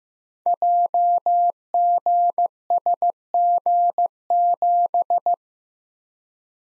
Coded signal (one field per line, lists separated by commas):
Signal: Morse code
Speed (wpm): 15 wpm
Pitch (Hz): 700 Hz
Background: none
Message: JGSG7